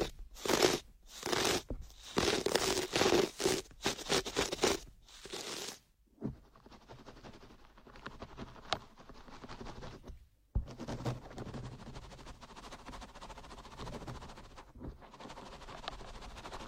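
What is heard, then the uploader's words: Ear picking with dense, crisp scratching bursts for six seconds, then softer intermittent scraping and rubbing, with brief pauses and occasional clicks. Delicate and high-end feeling, positive pressure, various ear picking methods.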